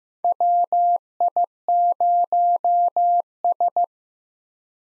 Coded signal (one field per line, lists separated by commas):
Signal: Morse code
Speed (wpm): 15 wpm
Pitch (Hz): 700 Hz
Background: none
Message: WI0S